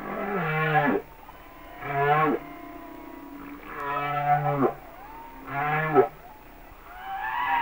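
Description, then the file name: Humpback whale song: several harmonic moaning units with low droning tones, each sweeping down, separated by short pauses. "Sounds of Nature - Humpback Whales"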